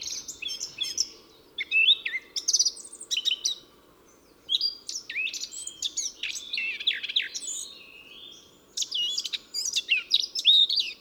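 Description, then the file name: Eurasian blackcap song: several lively warbled phrases of mixed chatter and whistles, separated by short gaps. "Sylvia atricapilla"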